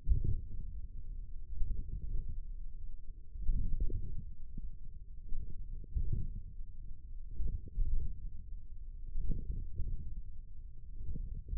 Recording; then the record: forearm muscle sounds (acoustic myography)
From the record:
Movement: wrist extension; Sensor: system 1, eight BSWA MPA416 microphones around the upper forearm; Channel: 7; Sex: male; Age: 28 years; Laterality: right